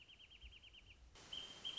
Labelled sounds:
Wrentit

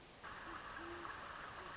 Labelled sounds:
Great Horned Owl

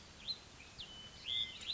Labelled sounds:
Western Meadowlark

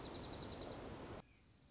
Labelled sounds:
Dark-eyed Junco

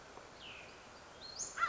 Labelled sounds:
American Crow

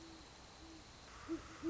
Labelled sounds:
Great Horned Owl

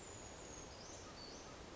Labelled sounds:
Brown Creeper

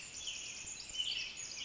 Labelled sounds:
Pacific Wren

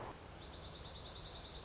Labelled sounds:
Dark-eyed Junco

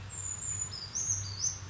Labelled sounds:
Brown Creeper

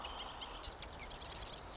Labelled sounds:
Marsh Wren

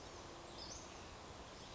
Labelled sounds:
Western Flycatcher

